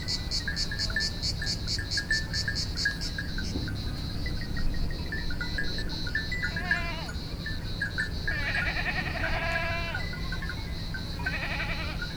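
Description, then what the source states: Goat bleats, quavering and overlapping, arriving in the second half after a stretch of rapid pulsing insect song, with the insect chorus continuing throughout. Goats heard from a hillside on Thassos, Greece, in 2016.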